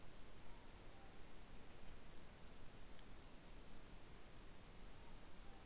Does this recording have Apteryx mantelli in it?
no